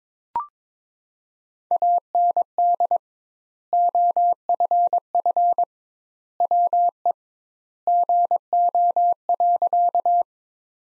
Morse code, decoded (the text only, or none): AND OFF WE GO.